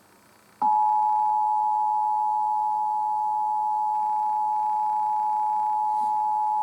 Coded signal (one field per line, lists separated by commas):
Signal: Emergency Alert System (SAME) tones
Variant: 853 and 960 Hz attention tone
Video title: National Emergency Alert System Test (9-28-2016) (Portland, OR)